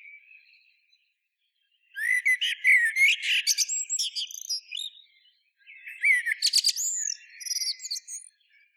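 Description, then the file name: Common blackbird singing two dense phrases of rapid chirps, squeaks and high twittering notes, separated by a short silent pause. "Turdus merula"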